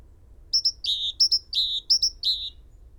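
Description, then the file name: Great tit call, a sharp paired high note followed by a longer, lower harsh note, repeated in a steady run of three phrases. "Parus major"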